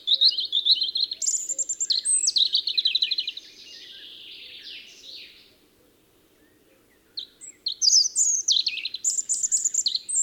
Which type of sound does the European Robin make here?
song